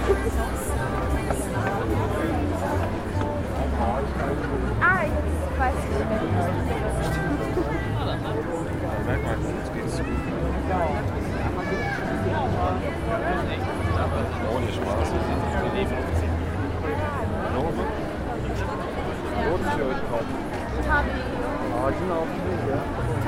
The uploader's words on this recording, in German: Weihnachtsmarkt in Stuttgart, Geräuschkulisse. 2 Grad, Wind, Himmel Wolken verhangen.